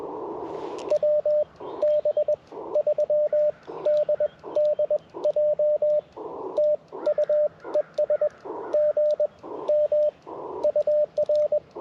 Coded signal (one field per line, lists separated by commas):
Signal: Morse code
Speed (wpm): 20 wpm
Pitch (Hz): 590 Hz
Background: radio noise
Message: WB3DDJ TU ES GM UR